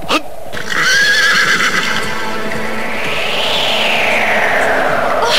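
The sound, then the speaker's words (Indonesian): A horse gives a long, loud whinny that climbs in pitch and then slides back down, over a steady, rough background rumble with no talking. “Kuda ini ingin agar kita menungganginya.”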